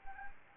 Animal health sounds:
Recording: mosquito wingbeat signal from an infrared sensor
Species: Anopheles gambiae

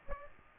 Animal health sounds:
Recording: mosquito wingbeat signal from an infrared sensor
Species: Aedes aegypti

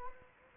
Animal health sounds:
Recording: mosquito wingbeat signal from an infrared sensor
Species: Anopheles arabiensis

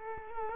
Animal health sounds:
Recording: mosquito wingbeat signal from an infrared sensor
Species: Culex quinquefasciatus

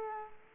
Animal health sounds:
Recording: mosquito wingbeat signal from an infrared sensor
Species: Culex quinquefasciatus

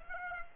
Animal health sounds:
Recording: mosquito wingbeat signal from an infrared sensor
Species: Aedes aegypti

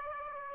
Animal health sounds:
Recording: mosquito wingbeat signal from an infrared sensor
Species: Aedes aegypti

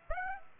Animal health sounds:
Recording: mosquito wingbeat signal from an infrared sensor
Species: Aedes aegypti

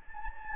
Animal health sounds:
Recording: mosquito wingbeat signal from an infrared sensor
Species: Anopheles gambiae

